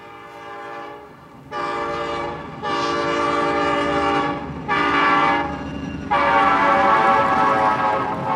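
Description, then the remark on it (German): A morning train to Kiev rumbles steadily while its horn sounds four loud, sustained blasts in succession, each a rich, brassy chord, the last one longest. “Wir nehmen den Morgenzug nach Kiew.”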